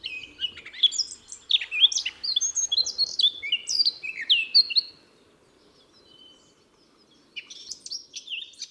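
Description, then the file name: Eurasian blackcap warbling song, a rich run of quick whistled and scratchy notes for about five seconds, a pause, then the song resumes. "Sylvia atricapilla"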